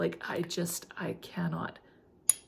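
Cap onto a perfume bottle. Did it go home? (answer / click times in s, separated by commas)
yes / 2.3 s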